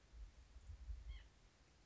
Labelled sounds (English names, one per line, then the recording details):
White-breasted Nuthatch
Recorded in Sonoma County, California